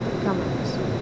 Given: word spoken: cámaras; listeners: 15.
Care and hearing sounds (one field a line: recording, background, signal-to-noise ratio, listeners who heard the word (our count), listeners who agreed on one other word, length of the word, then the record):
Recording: one Spanish word in noise, from a listening test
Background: speech-shaped noise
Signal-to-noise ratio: -4.5 dB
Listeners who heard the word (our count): 2 of 15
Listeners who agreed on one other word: 8 of 15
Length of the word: 0.61 s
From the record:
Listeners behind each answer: 8, 2, 2, 1, 1, 1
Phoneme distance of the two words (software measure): 14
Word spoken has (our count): 3 syllables, 7 phonemes, stress on syllable 1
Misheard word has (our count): 2 syllables, 5 phonemes, stress on syllable 1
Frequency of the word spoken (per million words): 32.50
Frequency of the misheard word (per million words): 10.60